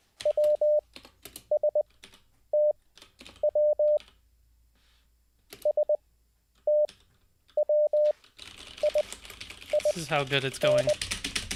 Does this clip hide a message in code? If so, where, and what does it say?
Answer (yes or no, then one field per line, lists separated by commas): yes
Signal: Morse code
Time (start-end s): 0.3-10.9 s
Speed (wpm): 20 wpm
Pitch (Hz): 600 Hz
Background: speech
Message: WSTW STWIIN